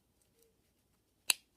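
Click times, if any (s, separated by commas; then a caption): 1.3 s. A thread bobbin is pushed into a tatting shuttle with the hook facing the body, and it seats with a sharp, bright snap at 1.3 s. Faint small handling ticks come before it in an otherwise quiet 1.6 seconds.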